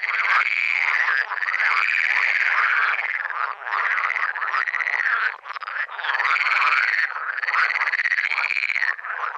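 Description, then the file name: Frog croaking: long, fast, harsh rattling calls, nearly continuous with only short breaks between them. "Grenouille verte"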